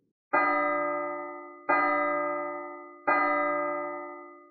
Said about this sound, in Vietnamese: Phảng phất như từ phía chân trời vang lên những tiếng chuông trầm buồn, dằn dặc truyền lại, đưa hắn từ thâm mộng viễn xứ trở về với thực tại. Tiếng chuông trầm trầm, lúc xa lúc gần, chậm chậm, tựa hồ như hòa quyện vào tâm khảm.